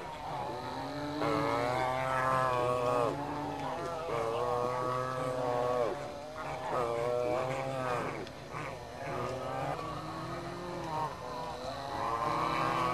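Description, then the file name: Dalmatian pelican calls: a dense chorus of deep, groaning, harmonic moans from several birds, swelling and bending in pitch, with brief lulls between bursts. "Pelecanus-crispus-Dalmatian-Pelican-Къдроглав-пеликан"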